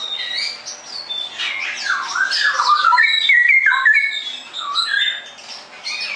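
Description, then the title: Straw-headed bulbul song, a continuous stream of gurgling, looping whistles dipping and climbing, with sharp high chirps overlapping. Masteran song-tutoring recording for caged birds; described as clear quality, cucak rowo 'ropel gacor' song style. "mster Mnuk. Masteran Burung CUCAK ROWO. Cucak Rowo Ropel Gacor"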